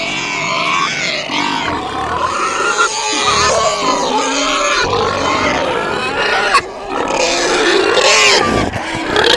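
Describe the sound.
Pig squealing in harsh, wavering bursts that overlap almost without pause.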